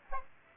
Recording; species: mosquito wingbeat signal from an infrared sensor; Aedes aegypti